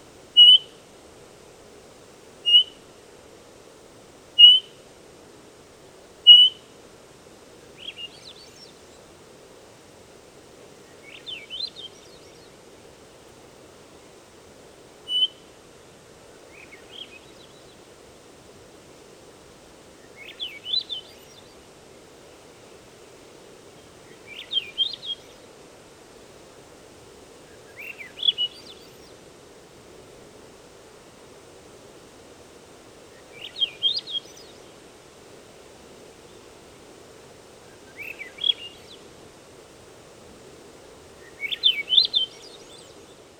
Swainson's Thrush call and song recorded on the Fern Lake Trail in Rocky Mountain National Park.